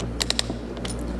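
The keyless chuck on a Bosch cordless drill, a second brand, is tightened all the way by hand. It gives three sharp ratchet clicks at 0.2, 0.3 and 0.4 s, followed by a couple of fainter ticks near 0.8–0.9 s. The chuck is confirmed fully tightened.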